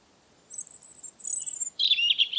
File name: european robin - erithacus rubecula